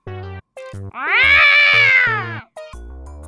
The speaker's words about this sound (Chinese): 直到听到一声叫唤，一只大黄猫闯入视野。